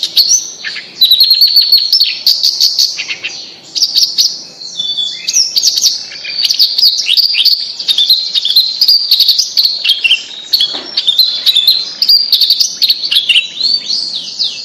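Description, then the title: Bird singing a long, busy, high-pitched song of twittering trills, sweeps and chirps with scarcely a break, varied and rapid throughout. "Kicau Burung Yoi"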